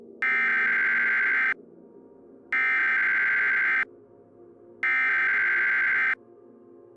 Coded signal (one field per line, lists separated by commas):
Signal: Emergency Alert System (SAME) tones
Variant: header bursts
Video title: EAS scenario - Las Vegas Enderman invasion (2016) - Part 1